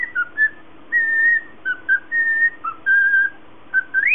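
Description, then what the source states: Cockatiel giving drawn-out, clear whistled notes with short breaks, a few dipping or wavering, finishing on a sharp upward slide, with a faint constant hum beneath. Lutino colour variety cockatiel.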